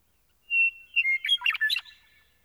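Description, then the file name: Meadowlark song opening with a pure whistled tone, then a short run of bubbling, fluty notes. "Gordon Hempton - Meadowlark"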